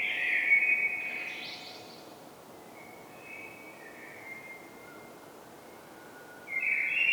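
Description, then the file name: Common blackbird giving a fluty phrase at the start, soft thin notes through the middle, then another bright phrase at the end over low background hiss. "Turdus merula"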